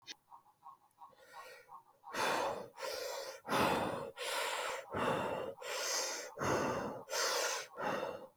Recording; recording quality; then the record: shallow breathing; excellent, no background noise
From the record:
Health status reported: healthy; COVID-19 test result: not tested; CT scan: not taken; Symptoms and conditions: none ticked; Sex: male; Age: 39 years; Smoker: no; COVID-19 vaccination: none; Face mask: worn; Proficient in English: yes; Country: India